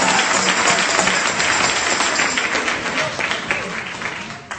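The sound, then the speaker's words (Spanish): An audience applauds during a church sermon with a steady, dense patter of many hands clapping at once, holding at a moderate level before gradually thinning and fading out at the end. “Ay, Dios mío, ese aplauso yo lo noto como medio forzado esta noche, hermano.”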